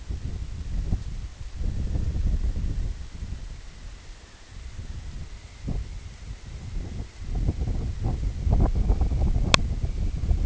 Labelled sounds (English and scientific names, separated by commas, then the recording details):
none
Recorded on Arctic tundra, site IGLO-D, on 24 June 2018
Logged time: 10:00